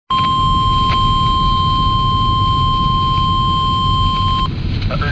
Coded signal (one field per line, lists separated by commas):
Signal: Emergency Alert System (SAME) tones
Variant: 1050 Hz attention tone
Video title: SVR on WNG698 (EAS #299)